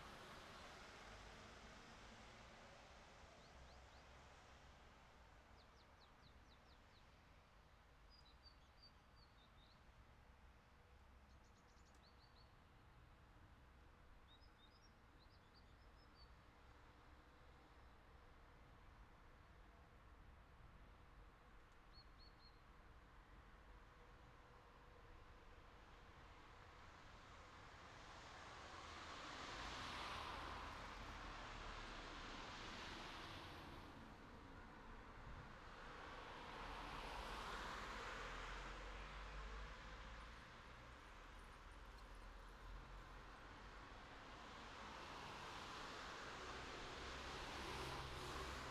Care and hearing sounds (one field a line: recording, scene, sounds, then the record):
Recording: everyday scene through a hearing-aid microphone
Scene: in traffic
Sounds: traffic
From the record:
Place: city secondary road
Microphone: in the ear canal, left